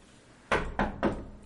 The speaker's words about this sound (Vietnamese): Kế Duyên đứng ngoài cửa sân của Doãn gia, nghe bàn luận chuyện ban ngày liền bật cười, sau đó hắn khẽ gõ cửa.